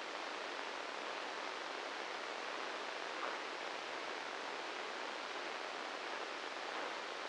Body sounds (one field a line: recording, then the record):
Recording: brain microelectrode recording played as sound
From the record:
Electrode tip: inside the subthalamic nucleus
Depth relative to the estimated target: 1 mm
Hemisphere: right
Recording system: NeuroSet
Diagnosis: Parkinson's disease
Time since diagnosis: 10 years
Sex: male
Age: 56 years